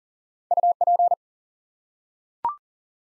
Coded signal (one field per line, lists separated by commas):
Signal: Morse code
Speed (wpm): 40 wpm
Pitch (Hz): 700 Hz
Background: none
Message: UP